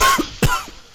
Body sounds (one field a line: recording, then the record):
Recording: coughing mixed with background sound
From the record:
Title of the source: Coughing 51